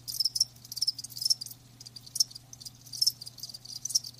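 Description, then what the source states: Crickets chirping in short high bursts, scattered irregularly with brief pauses between, over a faint low steady hum. Live crickets chirping; presented as lulling sleep sounds.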